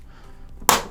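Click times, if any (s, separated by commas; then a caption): 0.7 s. A plastic pry tool is worked into the seam by the power outlet of a Microsoft Xbox One S console and levers the plastic bottom cover forward. After a quiet, low rumbling stretch, a sharp, bright pop at 0.7 s marks the bottom cover's retaining clip popping loose, and it fades over the next quarter second. The clip is released.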